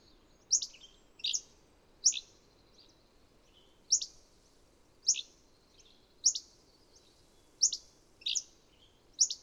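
Bird chirping in bright, high notes that drop steeply, repeated at uneven intervals of about a second, with soft background hiss.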